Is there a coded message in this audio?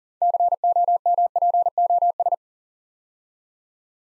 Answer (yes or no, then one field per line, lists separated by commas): yes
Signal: Morse code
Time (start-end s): 0.2-2.3 s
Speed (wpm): 39 wpm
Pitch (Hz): 700 Hz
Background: none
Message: COMPOS